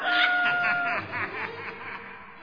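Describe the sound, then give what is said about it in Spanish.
A rooster crows once: a loud, strained call that holds a steady note before breaking into a wavering, pulsing trail, heard alone without talk. “No había terminado de decir el atroz juramento cuando cantó el gallo.”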